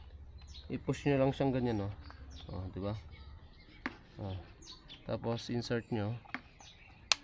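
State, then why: Seated. Someone talks while a POWERHOUSE high pressure washer spray lance or hose coupling is pushed and inserted into the pressure washer spray gun, with birds chirping faintly outdoors. A sharp click at 7.1 s marks the coupling snapping home, seated and okay.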